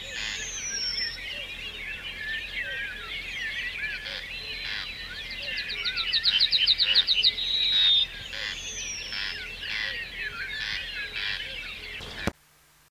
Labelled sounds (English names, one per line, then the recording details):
Yellowhammer
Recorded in the wild
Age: adult
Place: Hörfeld, AT
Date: 1972-05-26
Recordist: Brunner, Thomas
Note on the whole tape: Aufnahme: Hörfeld, Steiermark